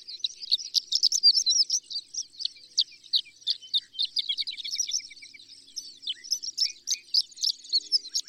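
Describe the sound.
Horned lark song, a high jumble of tinkling chips and short rapid runs, with a quieter patch partway through.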